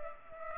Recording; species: mosquito wingbeat signal from an infrared sensor; Culex pipiens